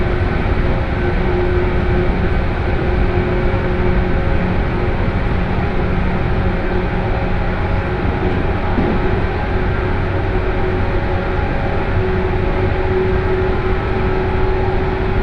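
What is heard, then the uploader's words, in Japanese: Recorded aboard a local train, the steady low roar of motors and running gear fills the whole stretch, dense and unbroken, with a faint hum of tones near the middle. Loudness holds even throughout, like travel through a tunnel, with no distinct events. 湖西線普通 京都→小野 117系。トンネル内でのモーターのうなりが特徴で、かつての185系特急踊り子のような音を響かせて走ります。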